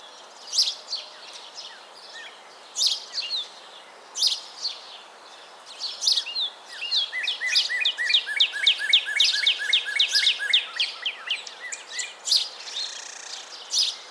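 Northern cardinal song: scattered sharp high notes at first, then a rapid run of repeated slurred whistled phrases in the middle, trailing off into a few chips.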